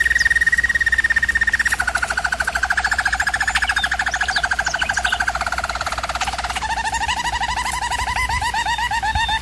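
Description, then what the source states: German Roller canary rolling steadily, one continuous rapid trill that drops in pitch, then shifts to a wavering lower tour. Singing used for canary training.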